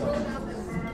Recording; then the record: background sound without coughing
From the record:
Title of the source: 60 minutes of coffee shop sounds for study and concentration